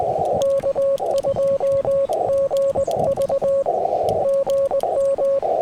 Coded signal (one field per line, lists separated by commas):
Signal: Morse code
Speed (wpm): 22 wpm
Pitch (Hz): 550 Hz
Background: radio noise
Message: K2GV GM